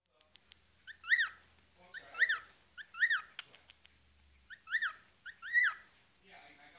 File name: Cockatiel